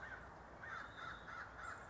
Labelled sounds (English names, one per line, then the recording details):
American Crow
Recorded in Sonoma County, California